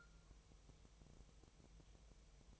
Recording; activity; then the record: daily activity, microphone in the room; take from stove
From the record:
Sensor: 1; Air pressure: 999.4 hPa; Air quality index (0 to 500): 198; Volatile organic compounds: 39 ppm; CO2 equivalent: 3139 ppm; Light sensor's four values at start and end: 9/22/8/9 and 9/22/8/9